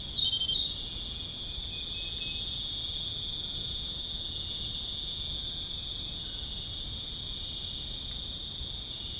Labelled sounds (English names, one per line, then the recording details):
none
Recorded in dense forest near Puerto Asís, Putumayo, Colombia, on 22 June 2025 at 22:00
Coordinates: 0.481, -76.323
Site G072